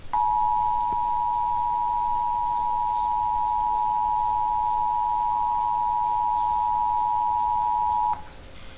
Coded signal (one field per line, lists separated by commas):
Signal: Emergency Alert System (SAME) tones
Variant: 853 and 960 Hz attention tone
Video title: Required Monthly Test (EAS #123/WFAA)